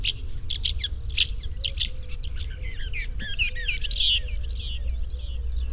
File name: woodchat shrike. omkicau